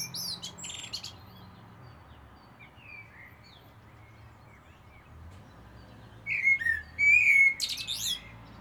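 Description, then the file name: Common blackbird song: a brief high twitter at the start, then a quiet gap before a clear fluted warble rounded off with thin, squeaky high notes. "Turdus merula"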